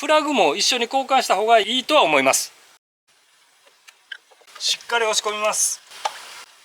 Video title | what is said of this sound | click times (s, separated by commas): 【ミニクーパーR56】素人でもできちゃうイグニッションコイル交換 | 押し込むとカチッと最後に底好きした音がするのでそこまで押し込んでください。 | 6.1 s